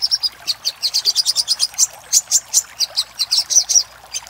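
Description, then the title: Little spiderhunter giving a hurried sequence of high, clipped chips, some slightly lower and buzzier, in an uneven rhythm. Master recording used for training cage birds. "Masteran Burung Sogok Ontong Labaik"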